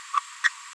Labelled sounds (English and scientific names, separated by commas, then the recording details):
Green-rumped Parrotlet (Forpus passerinus) babbling
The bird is a female
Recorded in a nest box in Venezuela
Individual 17B73B2